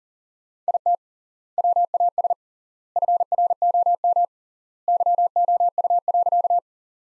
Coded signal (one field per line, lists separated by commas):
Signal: Morse code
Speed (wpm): 40 wpm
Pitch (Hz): 700 Hz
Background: none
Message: IT WAS FROM YOU.